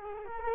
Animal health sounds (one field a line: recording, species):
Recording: mosquito wingbeat signal from an infrared sensor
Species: Culex quinquefasciatus